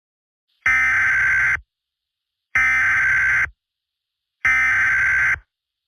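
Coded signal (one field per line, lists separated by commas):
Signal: Emergency Alert System (SAME) tones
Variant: header bursts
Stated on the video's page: Homemade mock EAS scenario made with CapCut, not a real alert.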